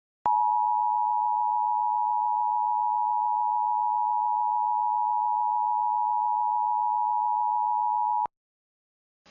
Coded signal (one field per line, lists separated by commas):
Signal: Emergency Alert System (SAME) tones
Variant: 853 and 960 Hz attention tone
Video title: All EAS alerts I played on WXRchive on iPad Air 2